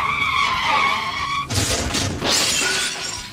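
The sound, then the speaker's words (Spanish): A sustained, high-pitched tire screech gives way abruptly to a loud, noisy crash with shattering glass and clattering debris that lingers for a couple of seconds, as Spain's first driverless public bus crashes on its first day in service, on the campus streets of the Universidad Autónoma de Madrid. “El primer bus sin conductor de España sufre un accidente el día de su estreno.”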